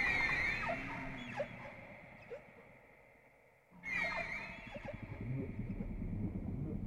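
Whale song of high squealing whistles and quick downsweeping chirps, fading out and then returning abruptly with a fresh burst of squeals.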